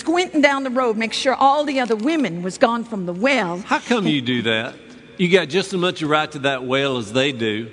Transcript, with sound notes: I’m squintin’ down the road to make sure all the other women was gone from the well.
(acting as Millie’s boyfriend, Lee, with Southern accent) How come you do that? You got just as much a right to that well as they do!